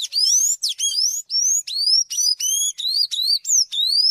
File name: sanhaco azul